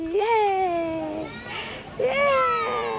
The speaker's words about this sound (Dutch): Een Zuid-Afrikaanse moeder speelt met haar peuter bij een speeltuintje om de hoek van hun huis.